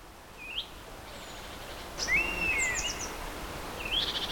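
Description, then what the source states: European honey buzzard giving a few whistled calls, a longer one in the middle, over steady background hiss. Hides in Finnish forests; winters in southern Africa in eucalyptus plantations, farmland and even Johannesburg parks.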